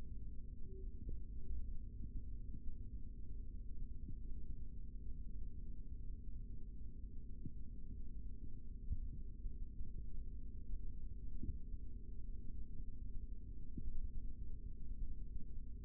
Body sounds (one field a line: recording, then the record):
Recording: forearm muscle sounds (acoustic myography)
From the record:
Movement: rest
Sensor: system 3, bracelet of six PUI Audio POM-2738L microphones around the upper forearm, with dedicated amplification and filtering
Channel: 6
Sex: male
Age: 25 years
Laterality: right